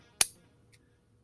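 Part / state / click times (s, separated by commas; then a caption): cable plug into motor socket / seated / 0.2 s. A cable plug is pushed into the socket on a plastic robot motor and latches with one loud, sharp click at 0.2 s. A very faint tick follows at about 0.7 s. The plug is seated.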